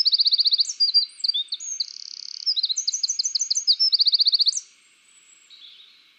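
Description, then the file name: Eurasian wren singing a fast, shrill cascade of ringing notes and buzzy trills, with rapid rattling runs, stopping abruptly after about four and a half seconds. "Troglodytes troglodytes"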